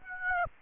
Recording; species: mosquito wingbeat signal from an infrared sensor; Aedes aegypti